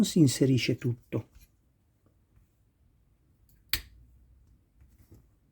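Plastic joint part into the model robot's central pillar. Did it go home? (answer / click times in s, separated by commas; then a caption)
yes / 3.7 s. Someone talks as a plastic joint part that would not fully insert into the central pillar or lower joint of a die-cast robot model is pushed in again. A single sharp snap is heard at 3.7 s, and the part is now fully seated.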